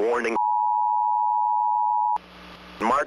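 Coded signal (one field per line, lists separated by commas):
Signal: Emergency Alert System (SAME) tones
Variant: 853 and 960 Hz attention tone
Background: speech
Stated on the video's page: Parody edit of EAS tones, not a real alert.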